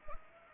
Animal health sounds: mosquito wingbeat signal from an infrared sensor; Anopheles arabiensis

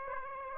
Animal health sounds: mosquito wingbeat signal from an infrared sensor; Aedes aegypti

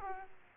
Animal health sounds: mosquito wingbeat signal from an infrared sensor; Aedes aegypti

